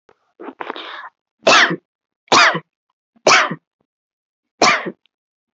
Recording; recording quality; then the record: shallow voluntary cough; excellent, no background noise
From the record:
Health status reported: healthy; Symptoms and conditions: none ticked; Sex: female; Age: 30 years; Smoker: not ticked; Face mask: not worn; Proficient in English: yes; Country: India